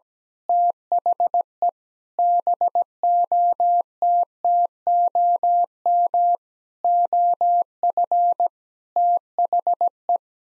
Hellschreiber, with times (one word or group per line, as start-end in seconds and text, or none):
none